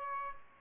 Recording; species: mosquito wingbeat signal from an infrared sensor; Aedes albopictus